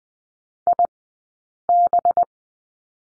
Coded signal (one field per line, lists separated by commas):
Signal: Morse code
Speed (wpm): 20 wpm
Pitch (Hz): 700 Hz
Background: none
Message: IB